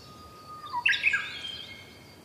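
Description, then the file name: Japanese bush warbler singing, a plain held whistle leading into a bright, rapid warbled ending, with soft background hiss. "uguis"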